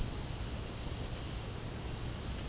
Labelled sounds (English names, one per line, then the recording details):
none
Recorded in pastures near Puerto Asís, Putumayo, Colombia, on 25 June 2025 at 15:00
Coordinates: 0.496, -76.326
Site GP01